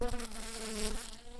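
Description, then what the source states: Shrill carder bee buzzing: a steady droning hum with a strong low fundamental and evenly stacked harmonics, holding fairly even loudness for about one and a half seconds. Worker bees.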